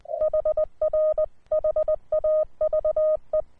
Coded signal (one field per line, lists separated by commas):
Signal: Morse code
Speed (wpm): 18 wpm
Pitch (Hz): 620 Hz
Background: none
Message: HR HAVE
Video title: OK1IF/QRP Rig: uSDX